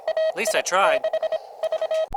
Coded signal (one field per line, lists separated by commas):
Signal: Morse code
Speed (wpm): 25 wpm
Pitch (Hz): 640 Hz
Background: speech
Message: AI6V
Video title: Ham Radio Outdoor CW Ops ~ Horned Owl @ Oklahoma Ranch